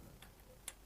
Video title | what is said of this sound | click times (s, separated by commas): Fixing the kickstarter on the SR500 | it falls into place and you hear like a little click or feel it. | 0.2 s, 0.7 s